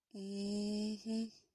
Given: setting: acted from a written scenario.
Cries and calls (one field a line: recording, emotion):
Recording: vocal sound without words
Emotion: serenity